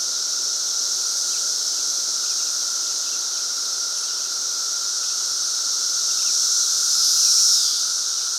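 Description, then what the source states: Periodical cicada chorus, an unbroken buzzing drone layered with a bright high hiss, steady throughout with one brief swell near the end. Cicada chorus during the 2024 emergence at Fox Ridge Bluff, recorded at 3:52 PM on Memorial Day 2024.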